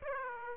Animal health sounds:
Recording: mosquito wingbeat signal from an infrared sensor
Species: Aedes aegypti

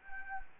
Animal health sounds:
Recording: mosquito wingbeat signal from an infrared sensor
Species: Anopheles arabiensis

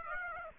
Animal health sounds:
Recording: mosquito wingbeat signal from an infrared sensor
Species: Aedes aegypti

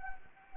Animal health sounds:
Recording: mosquito wingbeat signal from an infrared sensor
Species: Anopheles arabiensis

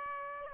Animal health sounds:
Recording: mosquito wingbeat signal from an infrared sensor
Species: Aedes aegypti

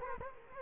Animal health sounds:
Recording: mosquito wingbeat signal from an infrared sensor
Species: Culex quinquefasciatus

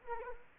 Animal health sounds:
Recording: mosquito wingbeat signal from an infrared sensor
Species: Anopheles arabiensis

